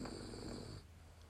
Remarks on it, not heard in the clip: My little dog in the background snoring. It's night time for us here.